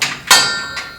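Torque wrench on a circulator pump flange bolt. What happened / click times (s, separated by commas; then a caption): The torque wrench clicked at its set torque / 0.3 s. A calibrated click-type torque wrench set to about 110 is tightening a flange bolt on a boiler circulator pump in a 187-year-old house. A short metallic tick at the start is followed by a sharp, bright click at 0.3 s that rings on with steady high tones, plus a faint tap near 0.8 s. The wrench clicks at its setting, and 110 pounds is confirmed reached.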